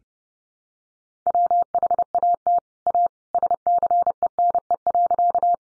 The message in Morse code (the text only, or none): WHAT A SCENE.